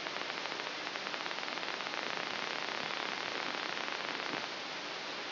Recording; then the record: brain microelectrode recording played as sound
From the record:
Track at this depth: outside the subthalamic nucleus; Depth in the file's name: 4.898 mm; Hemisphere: left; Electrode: 3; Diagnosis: Parkinson's disease